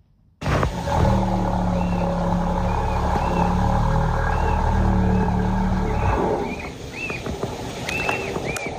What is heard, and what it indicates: An eerie noise has been perplexing lighthouse keepers and fishermen for years. Scientists at the SETI Institute in the US say they believe it's the sound of humpback whales, perhaps clearing their airways or sneezing.